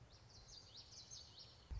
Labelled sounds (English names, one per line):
Common Yellowthroat